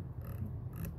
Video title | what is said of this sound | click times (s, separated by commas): LEUPOLD VX-6HD 1-6x24 Firedot G Reticle - The Lightweight - First Person POV | Lock. Good. Got a bunch of turns. | 0.9 s